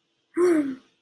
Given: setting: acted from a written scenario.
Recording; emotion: vocal sound without words; negative surprise